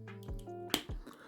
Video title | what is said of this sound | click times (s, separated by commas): S.H. Figuarts SPIDER-PUNK - Spider-Man: Across The Spider-Verse Action Figure Review! | And then this should just snap right in, hopefully. | 0.7 s